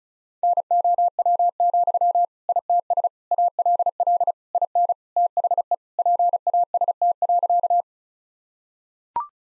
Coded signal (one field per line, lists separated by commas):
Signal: Morse code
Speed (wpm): 34 wpm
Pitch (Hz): 700 Hz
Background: none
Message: NOW, ITS ALL IN THE PAST.